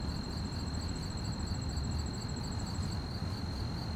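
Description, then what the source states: Crickets chirping in a fast, steady pulsing stream, with a second higher trill running for most, over low wind rumble. Fast-chirping crickets at night on a quiet street, with distant activity and slight wind; stereo.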